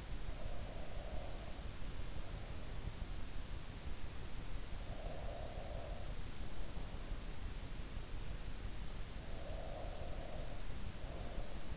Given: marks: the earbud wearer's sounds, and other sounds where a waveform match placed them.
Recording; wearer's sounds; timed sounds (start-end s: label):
sounds in sleep by an in-ear microphone; breath
0.00-1.83 s: breath
4.40-6.23 s: breath
9.03-11.77 s: breath